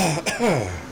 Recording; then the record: coughing mixed with background sound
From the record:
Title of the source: Dry Afternoon Cough